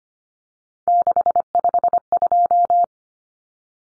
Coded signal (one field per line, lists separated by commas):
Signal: Morse code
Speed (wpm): 25 wpm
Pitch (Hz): 700 Hz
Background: none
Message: 652